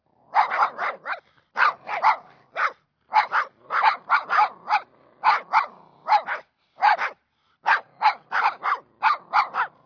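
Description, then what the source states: Dogs barking in sharp, high, yappy bursts of several barks, with brief silent gaps between the volleys throughout. Several small dogs barking.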